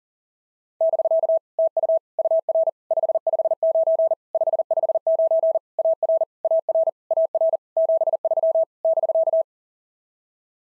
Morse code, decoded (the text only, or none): <BK> TU UR 559 559 AR AR AR 73 <BK>